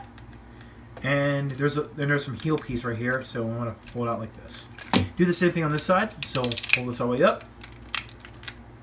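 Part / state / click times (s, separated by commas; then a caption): leg section and kneecap of a transforming robot toy / seated / 7.9 s. Someone talks while pulling a plastic leg section of a DX Gradion (Gladion) transforming robot toy all the way up and pushing it. A sharp plastic click is heard at 8.0 s, followed by a few smaller clicks, as the part seats and the kneecap locks into place.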